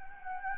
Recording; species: mosquito wingbeat signal from an infrared sensor; Anopheles gambiae